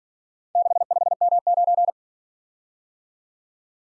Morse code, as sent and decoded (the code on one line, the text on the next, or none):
-.... ..... -- ----.
65M9